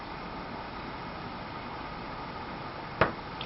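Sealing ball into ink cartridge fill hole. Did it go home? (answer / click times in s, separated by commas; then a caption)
yes / 3.0 s. A small plastic sealing ball is pushed down with an Allen wrench into the fill hole of a freshly refilled Pro 8600 inkjet cartridge over a steady background hiss. It snaps into place with a sharp click at 3.0 s, followed by a fainter tick at 3.4 s, and the ball is seated.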